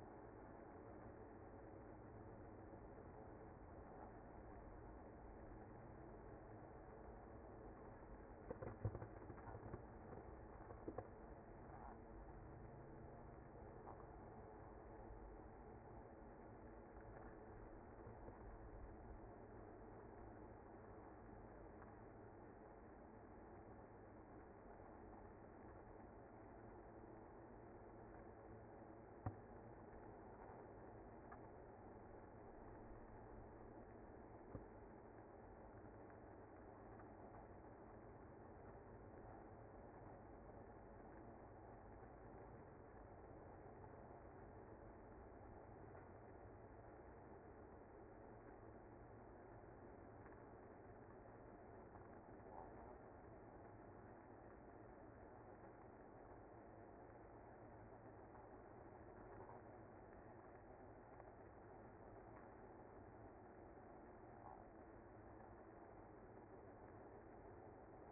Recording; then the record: honeybee colony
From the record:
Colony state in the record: active